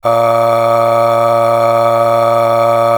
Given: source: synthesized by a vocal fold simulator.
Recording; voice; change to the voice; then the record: sustained vowel; male; aspiration noise (breathiness), level 9 of 10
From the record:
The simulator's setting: 3.35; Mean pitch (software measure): 115 Hz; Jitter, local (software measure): 0.76%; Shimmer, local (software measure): 9.2%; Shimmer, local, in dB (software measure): 0.81 dB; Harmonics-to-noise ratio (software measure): 13.7 dB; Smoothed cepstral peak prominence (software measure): 13.7 dB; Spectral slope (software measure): -16.6 dB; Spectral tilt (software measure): -8.4 dB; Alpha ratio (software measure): -7.1 dB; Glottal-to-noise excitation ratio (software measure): 0.883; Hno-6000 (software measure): 2.0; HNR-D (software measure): 22.7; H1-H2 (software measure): 4.9 dB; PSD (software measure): 5.8e-05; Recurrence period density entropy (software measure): 0.121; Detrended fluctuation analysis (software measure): 0.0540